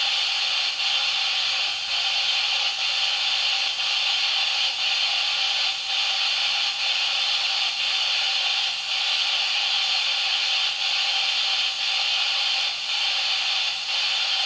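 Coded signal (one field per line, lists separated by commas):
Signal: radio time signal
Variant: DCF77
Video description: Im Hintergrund ist das Signal des Zeitzeichensenders DCF77 zu hören, welches diese Uhren synchronisiert.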